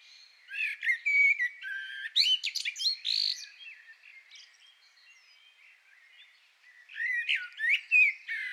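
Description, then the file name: Common blackbird song: fluty warbles climbing into a dense burst of squeaky twittering, a quiet pause, then another phrase starts. "Turdus merula"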